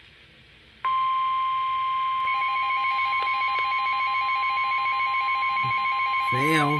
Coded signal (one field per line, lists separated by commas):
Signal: Emergency Alert System (SAME) tones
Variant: 1050 Hz attention tone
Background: speech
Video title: Severe Thunderstorm Warning #3 (EAS #94)